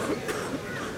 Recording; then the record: coughing mixed with background sound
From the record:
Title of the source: 31 night wet cough